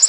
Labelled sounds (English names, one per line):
Black-throated Green Warbler flight call